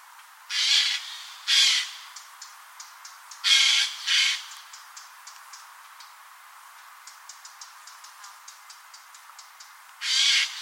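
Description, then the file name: Eurasian jay screeching harshly, two pairs of rasping calls early on, a pause filled with faint ticks, then one more hoarse shriek at the end. "Garrulus glandarius"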